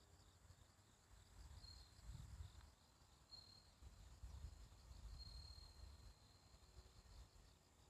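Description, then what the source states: Bell cricket song, high ringing pulsed trills with a few longer drawn-out tones, over a steady higher insect drone and low rumbling background noise. Morning, on a riverside walking path; the recordist wonders whether these are the last bell crickets of the year.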